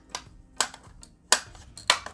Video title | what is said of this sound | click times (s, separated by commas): RBRC C14 MKS BUILD. PT.1 | it just clips in place like so and your batteries go | 1.3 s, 1.9 s